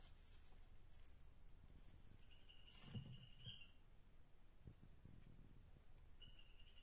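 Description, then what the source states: Dyeing poison dart frog calling: a long even high buzz, then a second buzz starting near the end, over faint low rumble and a few clicks. Dendrobates tinctorius calling, recorded at Tumucumaque.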